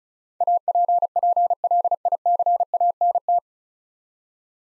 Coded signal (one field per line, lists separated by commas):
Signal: Morse code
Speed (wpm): 36 wpm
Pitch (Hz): 700 Hz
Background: none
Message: APPLICANT